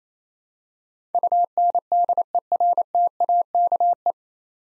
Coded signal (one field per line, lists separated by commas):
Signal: Morse code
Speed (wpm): 28 wpm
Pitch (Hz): 700 Hz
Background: none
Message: UNDERTAKE